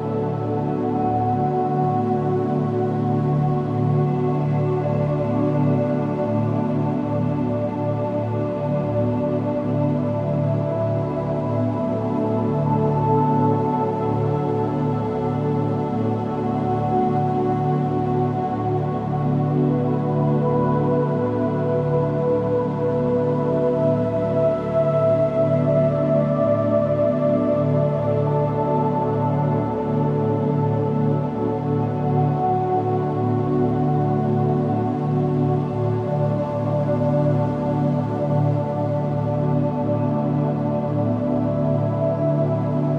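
Binaural beats as a steady, dense drone of layered low and middle tones, unchanging in loudness, with faint higher tones slowly shimmering above.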